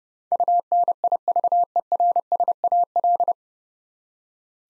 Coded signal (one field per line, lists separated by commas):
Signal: Morse code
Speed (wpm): 30 wpm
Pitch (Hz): 700 Hz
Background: none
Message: UNIVERSAL